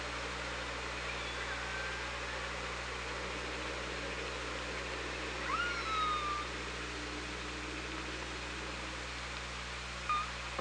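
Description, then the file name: Killer whale call: a faint upswept squeal sliding into a level tone midway, then a short tonal note near the end, over steady hiss and low hum. Hydrophone recording, 24 August 2017. "Orca Lab. 20170824"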